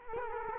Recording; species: mosquito wingbeat signal from an infrared sensor; Culex quinquefasciatus